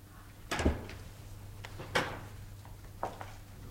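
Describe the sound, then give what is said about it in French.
A door latch clacks and the door is opened from outside by a man, with three sharp wooden clunks spaced about a second apart over a low, steady hum. “une porte qui s'ouvre du dehors avec un loquet”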